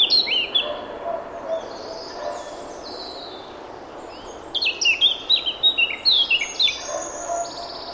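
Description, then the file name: Eurasian blackcap singing: a brief warbled phrase at the start, some quieter notes, then a rich run of loud fluty whistles with varied pitch lasting about three seconds. "Sylvia atricapilla"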